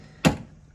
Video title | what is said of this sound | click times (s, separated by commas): How To Load Paper In HP Smart Tank 5101 Printer (Any Smart Tank Model) (2025 Guide) | You're going to pull this up until it clicks | 0.2 s